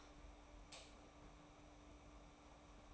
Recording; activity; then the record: daily activity, microphone in the room; light on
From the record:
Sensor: 1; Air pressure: 991.0 hPa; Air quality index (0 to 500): 108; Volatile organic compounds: 96 ppm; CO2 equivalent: 3730 ppm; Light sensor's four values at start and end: 23/51/22/24 and 26/66/27/29